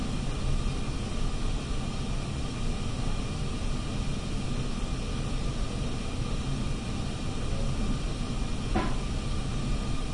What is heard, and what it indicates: Room tone sound effects patient room ventilator hiss.